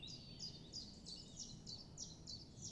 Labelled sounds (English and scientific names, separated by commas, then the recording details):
Common Chiffchaff (Phylloscopus collybita)
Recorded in Germany
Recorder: ecoPi